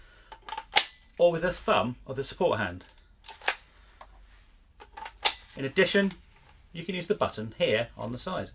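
On a Cyma CM.041G MP5A3 airsoft SMG replica, the new ergonomic magazine release is pressed with the trigger finger to drop the magazine out of the metal and nylon receiver's magwell, giving a loud, sharp click at 0.8 s. Someone talks throughout, with a few more short sharp sounds later in the clip.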